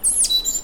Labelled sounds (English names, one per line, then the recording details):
Stitchbird song
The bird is a male
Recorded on Tiritiri Matangi Island, New Zealand, in 2005
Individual 1, of nest box 1